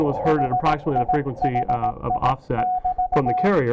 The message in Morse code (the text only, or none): HIHI<BT>